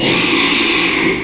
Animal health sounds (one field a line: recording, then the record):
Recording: squeal of a Yucatan mini pig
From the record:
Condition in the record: after surgery on the right vocal fold (resection and tissue-engineered implant)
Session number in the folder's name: 1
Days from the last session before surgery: 6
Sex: male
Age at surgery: 12 weeks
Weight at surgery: 13 kg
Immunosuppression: cyclosporine, prednisolone